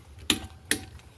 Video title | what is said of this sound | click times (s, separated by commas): Corvette EASY PEASY Pad Replacement C7 Z51 @Corvette-Dan #corvette #DIY #c7corvette | Wait for the click | 0.3 s